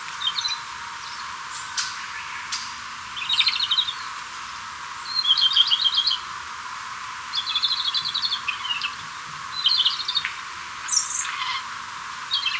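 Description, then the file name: Japanese robin song: several short bursts of rapid trilled notes, separated by pauses, over steady background hiss. Recorded 12 April 2008. "komadori 080412"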